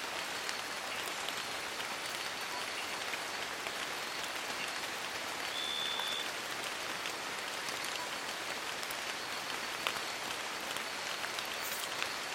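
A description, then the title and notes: Gentle rain falls steadily in a Borneo rainforest, a dense, even patter of tiny drops that stays level throughout. A thin, bright insect tone runs high above the hiss, and a short whistled note sounds briefly around the middle. Borneo rainforest - Calm Rain. Recorded in with Sony PCM A10 and Lom MikroUsi micropohones.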